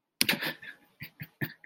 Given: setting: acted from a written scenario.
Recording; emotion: vocal sound without words; amusement